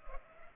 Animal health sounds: mosquito wingbeat signal from an infrared sensor; Culex pipiens

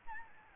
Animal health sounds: mosquito wingbeat signal from an infrared sensor; Aedes albopictus

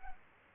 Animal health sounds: mosquito wingbeat signal from an infrared sensor; Culex pipiens

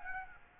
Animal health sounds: mosquito wingbeat signal from an infrared sensor; Aedes aegypti

